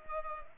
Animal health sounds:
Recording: mosquito wingbeat signal from an infrared sensor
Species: Culex pipiens

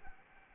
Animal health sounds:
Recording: mosquito wingbeat signal from an infrared sensor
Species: Anopheles arabiensis

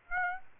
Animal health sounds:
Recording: mosquito wingbeat signal from an infrared sensor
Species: Aedes aegypti

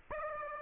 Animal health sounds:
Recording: mosquito wingbeat signal from an infrared sensor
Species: Aedes aegypti

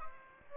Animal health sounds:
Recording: mosquito wingbeat signal from an infrared sensor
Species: Aedes aegypti

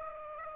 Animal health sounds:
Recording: mosquito wingbeat signal from an infrared sensor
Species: Aedes aegypti

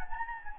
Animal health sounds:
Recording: mosquito wingbeat signal from an infrared sensor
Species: Anopheles gambiae

